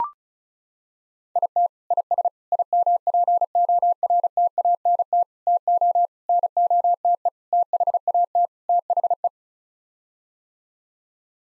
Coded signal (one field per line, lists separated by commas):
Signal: Morse code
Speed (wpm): 36 wpm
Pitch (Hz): 700 Hz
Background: none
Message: IT IS IMPORTANT TO NOTE THAT THE